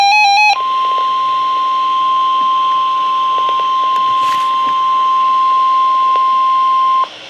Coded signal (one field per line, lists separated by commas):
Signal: Emergency Alert System (SAME) tones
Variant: 1050 Hz attention tone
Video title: TAE Severe Thunderstorm Warning | [EAS #337] | 7/10/26